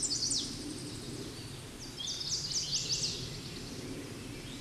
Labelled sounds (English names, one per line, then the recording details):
Chestnut-sided Warbler song
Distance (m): 10 m
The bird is about level with the microphone
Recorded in a Pennsylvania forest on 16 May 2024 at 09:00
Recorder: AudioMoth, point MSD-1849
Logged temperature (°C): 12.1 °C
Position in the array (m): 35 m, 30 m